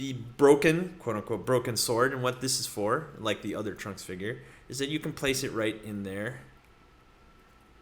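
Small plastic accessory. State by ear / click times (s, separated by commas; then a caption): not seated / none. Someone talks for most of the clip while making a first attempt to push the plastic broken sword accessory into the sheath of an S.H. Figuarts Dragonball Xenoverse 2 Trunks figure. After the talking stops around 6.4 s, there is only a faint, brief sound at about 6.7 s. The sword has not gone into the sheath, and nothing has seated or clicked yet.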